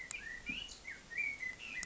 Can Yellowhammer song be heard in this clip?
no